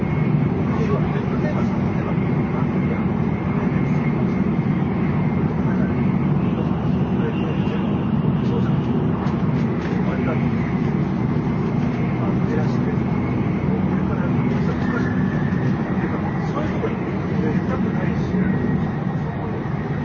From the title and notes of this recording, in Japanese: JRN700系 京都〜新横浜。ひかり530号に乗車し、録音しました。